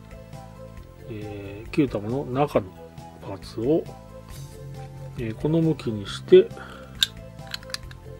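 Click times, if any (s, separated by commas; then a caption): 7.0 s. Over background music, someone talks while the plastic inner part of a toy sphere is turned to the right orientation and pushed into the sphere's base. It snaps in with a sharp click at 7.0 s, followed by a few faint ticks, and the part is seated.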